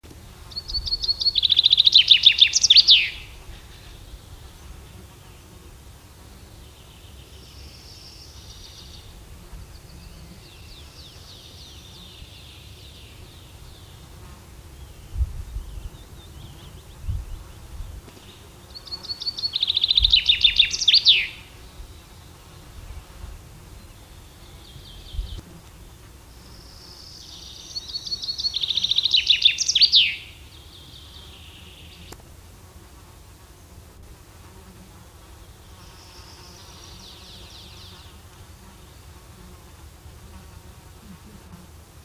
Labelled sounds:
Common Chaffinch (Fringilla coelebs) song
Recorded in the wild
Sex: male
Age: adult
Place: Schloß Holte-Stukenbrock, Senne, Nordrhein-Westfalen, DE
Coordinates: 51.87, 8.66556
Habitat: farm
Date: 1973
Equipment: Uher 4200 Report Stereo, Bändchenmikro Beyer M 260, Parabolspiegel Polyester (600 mm)
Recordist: Conrads, Klaus
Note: Hof Benteler (Furlbach-Gebiet). Männchen: Gesang (A) (Buchfink 61-24 - Bezeichnung des Autors). Ungenaue Datumsangabe: 15. bis 20.06.1973

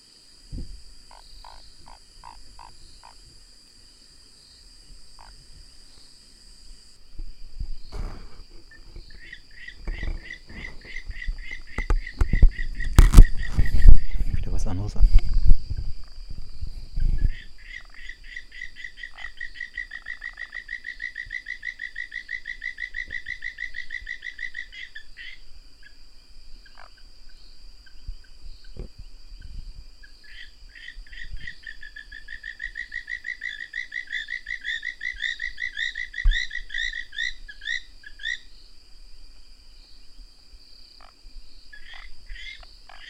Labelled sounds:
African Gray Treefrog (Chiromantis xerampelina) call
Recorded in the wild
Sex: male
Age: adult
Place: Hoedspruit, Marepe Lodge, ZA
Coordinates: -24.45, 30.84
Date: 1996-01-10 22:56
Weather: 24°C
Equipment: Sony TCD-D3, Sennheiser ME 80, K 30 AV
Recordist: Gutsche, Alexander

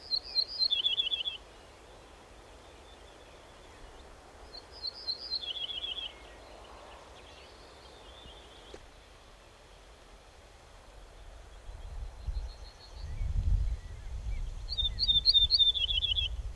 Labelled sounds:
Ortolan Bunting (Emberiza hortulana) song
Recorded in the wild
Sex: male
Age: adult
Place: Lemgow, OT Puttball, Wendland, Niedersachsen, DE
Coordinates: 52.9244, 11.2839
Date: 1969-05-25
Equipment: Uher 4000 Report-S, Bändchenmikro Beyer M 260, Parabolspiegel Polyester (470 mm)
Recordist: Conrads, Klaus

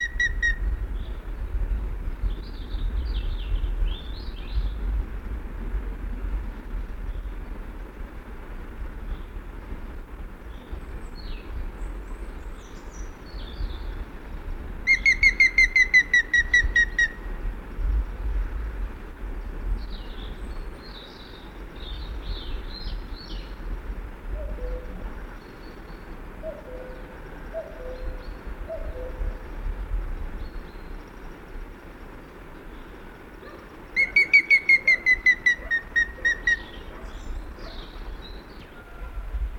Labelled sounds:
Grey-headed Woodpecker (Picus canus) call
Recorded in the wild
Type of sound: call
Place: Pingarati, Moldova, RO
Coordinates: 46.93, 26.187
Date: 1973-04-18
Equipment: Nagra III BH, Sennheiser MD 21, parabola
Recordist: Schubert, Michael
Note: Rufe Grauspecht

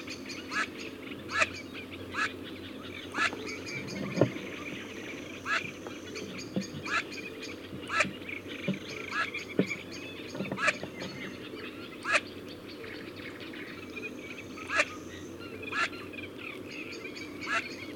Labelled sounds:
Eurasian Teal (Anas crecca) call
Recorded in the wild
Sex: female
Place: Blankensee, Mecklenburg-Vorpommern, DE
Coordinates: 53.404, 13.221
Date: 1982-06-05 22:00
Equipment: Nagra III BH, Sennheiser MD 21, parabola
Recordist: Schubert, Michael
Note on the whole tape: Leises Rufen von Krickenten - Weibchen in der späten Dämmerung, sehr selten zu hörender Ruf

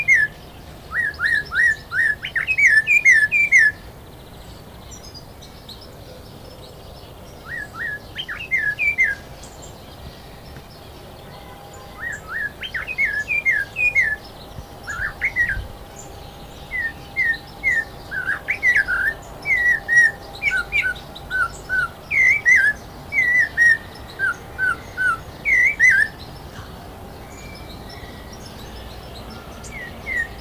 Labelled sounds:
Snowy-crowned Robin-Chat (Cossypha niveicapilla) song
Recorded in captivity
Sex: male
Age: adult
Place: Zoo Berlin, Berlin, DE
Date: 2000-04-04 12:07
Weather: cloudy, ca. 13°C
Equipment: Nagra SN, Kopie Uher 4000 Report Monitor
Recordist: Tembrock, Günter

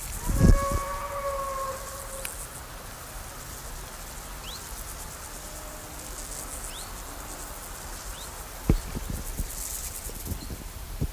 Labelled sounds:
Water-meadow Grasshopper (Chorthippus montanus) stridulation
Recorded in the wild
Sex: male
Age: imago
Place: Lienen, Nordrhein-Westfalen, DE
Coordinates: 52.1422, 7.92583
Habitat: meadow
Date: 1991-09-12 18:01
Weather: sunny, ca. 18°C
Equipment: Marantz CP 430, Kopie Tesla B 116
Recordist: Tembrock, Günter

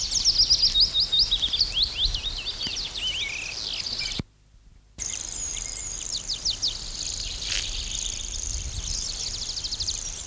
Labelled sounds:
Common Grasshopper Warbler (Locustella naevia) song
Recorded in the wild
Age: adult
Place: Reinhardshagen (Weser), Hessen, DE
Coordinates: 51.5, 9.61667
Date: 1990-06-14 10:51
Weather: overcast, 14° C
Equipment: Sony WM-D6C, Kopie Tesla B 116
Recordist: Tembrock, Günter

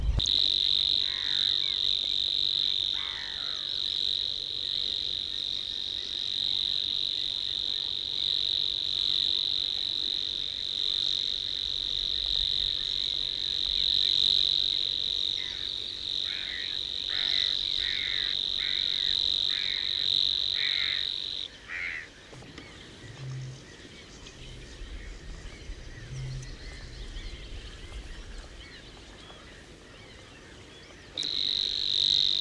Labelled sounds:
Savi's Warbler (Locustella luscinioides) song
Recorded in the wild
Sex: male
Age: adult
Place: Hüde, Niedersachsen, DE
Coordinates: 52.4833, 8.35
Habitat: lake
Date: 1969-05-15
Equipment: Uher 4000 Report-S, Bändchenmikro Beyer M 260, Parabolspiegel Polyester (470 mm)
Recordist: Conrads, Klaus

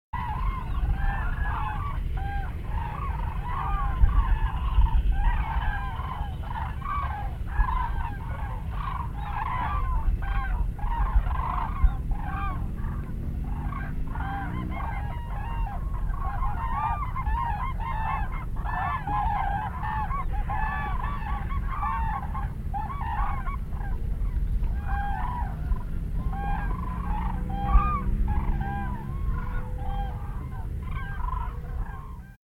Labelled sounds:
Common Crane (Grus grus) call
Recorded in the wild
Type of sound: call
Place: Poggendorf, Insel Rügen, Mecklenburg-Vorpommern, DE
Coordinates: 54.06, 13.12
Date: 1970-09-19
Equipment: Nagra III BH, Sennheiser MD 21, parabola
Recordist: Schubert, Michael
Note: Bei Poggenhof: Kraniche sammeln sich unweit des Schlafplatzes, bevor sie dorthin fliegen

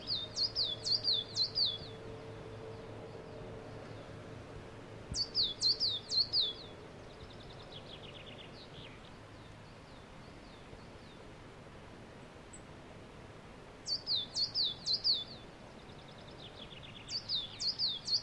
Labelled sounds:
Coal Tit (Periparus ater)
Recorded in the wild
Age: adult
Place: Villach, Kärnten, AT
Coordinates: 46.591, 13.824
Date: 1971-04-20
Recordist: Brunner, Thomas
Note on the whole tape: Aufnahme: Napoleonswiese, Villach

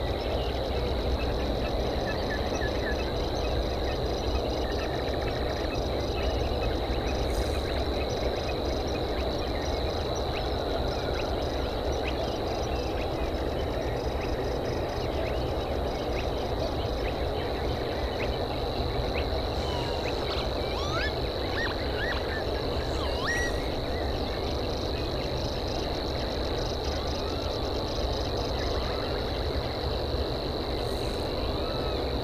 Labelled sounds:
Spotted Crake (Porzana porzana)
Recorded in the wild
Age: adult
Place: Schwedt/Oder, Nationalpark Unteres Odertal, Brandenburg, DE
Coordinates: 53.0825, 14.331
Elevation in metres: 1
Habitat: wetland
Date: 2014-05-06
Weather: clear, 4°C, almost windless
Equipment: Sound Devices 702, Sennheiser MKH 70, Rycote Windschutz
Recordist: Frommolt, Karl-Heinz

